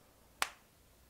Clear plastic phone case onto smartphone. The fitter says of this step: nice new case for it the ring confusion snapped into place nicely nice